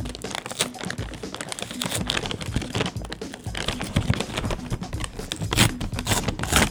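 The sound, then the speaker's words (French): A stiff plastic-coated paper chip bag with no tear notch crackles and crinkles continuously as it is wrestled and torn open, with loud, sharp rustling bursts and scraping throughout, no voices. “Tu sais, c'est vraiment cartonné, là, on l'entend.”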